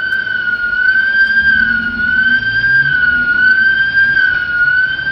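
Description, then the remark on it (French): Sirens of Jewish shops in Paris wail in a loud, continuous high tone whose pitch wavers slightly up and down, sustained throughout over a low background rumble, with no voices. “À Paris, ce sont les sirènes de boutiques juives qui célèbrent à leur manière l'arrivée de Yasser Arafat.”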